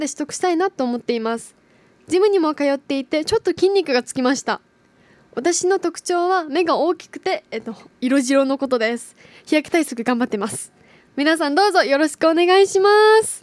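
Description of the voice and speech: A woman gives a fluent, clear self-introduction in Japanese in a bright, high voice with normal phrasing.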